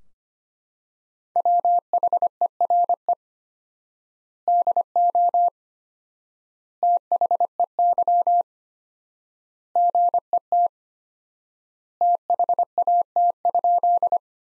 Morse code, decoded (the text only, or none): WHERE DO THEY GET THAT?